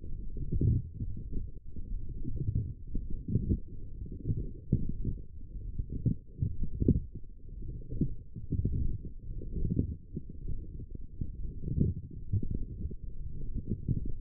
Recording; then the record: forearm muscle sounds (acoustic myography)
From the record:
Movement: forearm pronation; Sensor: system 1, eight BSWA MPA416 microphones around the upper forearm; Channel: 2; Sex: male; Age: 23 years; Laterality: right